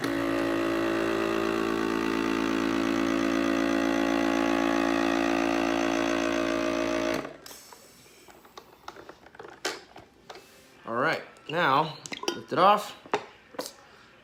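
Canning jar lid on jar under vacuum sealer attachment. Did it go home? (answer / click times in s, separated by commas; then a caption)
no / none. A vacuum pump runs steadily with a jar sealer attachment pressed down over a canning jar lid, humming until about 7.2 seconds and then stopping. The attachment is lifted off with a few light handling knocks while someone talks. The lid fails to vacuum seal, and nothing has seated or clicked.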